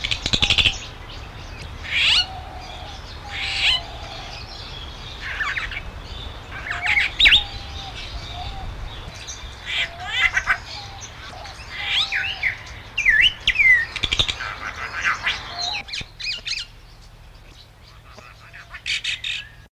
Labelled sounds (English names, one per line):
Long-tailed Glossy Starling song